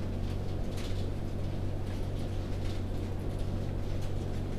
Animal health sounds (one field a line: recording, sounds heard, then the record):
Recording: poultry house recording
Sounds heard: no chicken sound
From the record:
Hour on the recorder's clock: 21